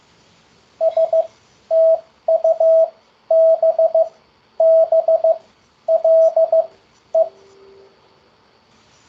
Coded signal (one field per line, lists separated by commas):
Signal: Morse code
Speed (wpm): 15 wpm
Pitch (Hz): 650 Hz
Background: radio noise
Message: STUBBLE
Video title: ZS-CW Morse Code Word Practice 27/7/2023 - Beginner's Corner Hosted by ZS6MSW